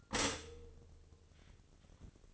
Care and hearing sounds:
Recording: daily activity, microphone in the room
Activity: stop toaster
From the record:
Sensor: 4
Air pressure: 1008.0 hPa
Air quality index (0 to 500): 105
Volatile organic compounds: 1 ppm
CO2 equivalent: 778 ppm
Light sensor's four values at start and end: 8/19/7/7 and 9/19/8/8

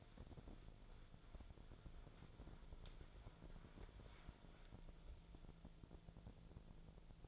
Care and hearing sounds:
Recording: daily activity, microphone in the room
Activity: wipe stove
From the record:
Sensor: 5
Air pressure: 1000.6 hPa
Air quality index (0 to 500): 162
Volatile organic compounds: 2 ppm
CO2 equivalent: 1245 ppm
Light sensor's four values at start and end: 47/100/46/51 and 47/101/46/51

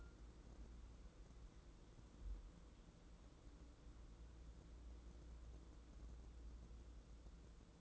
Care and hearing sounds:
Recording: daily activity, microphone in the room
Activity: wipe stove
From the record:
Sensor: 3

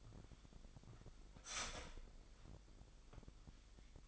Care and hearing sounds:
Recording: daily activity, microphone in the room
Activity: start toaster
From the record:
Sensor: 5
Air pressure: 1002.1 hPa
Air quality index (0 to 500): 206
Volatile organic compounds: 19 ppm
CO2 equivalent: 2661 ppm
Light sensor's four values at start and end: 33/108/41/44 and 33/108/41/43

